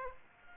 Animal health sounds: mosquito wingbeat signal from an infrared sensor; Aedes aegypti

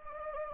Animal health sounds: mosquito wingbeat signal from an infrared sensor; Anopheles gambiae

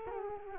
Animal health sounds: mosquito wingbeat signal from an infrared sensor; Culex quinquefasciatus

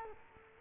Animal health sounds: mosquito wingbeat signal from an infrared sensor; Culex quinquefasciatus

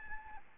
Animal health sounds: mosquito wingbeat signal from an infrared sensor; Aedes albopictus

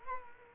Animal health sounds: mosquito wingbeat signal from an infrared sensor; Culex quinquefasciatus

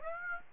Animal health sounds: mosquito wingbeat signal from an infrared sensor; Aedes aegypti

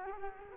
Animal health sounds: mosquito wingbeat signal from an infrared sensor; Culex quinquefasciatus

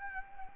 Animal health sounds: mosquito wingbeat signal from an infrared sensor; Anopheles gambiae

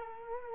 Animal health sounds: mosquito wingbeat signal from an infrared sensor; Culex quinquefasciatus

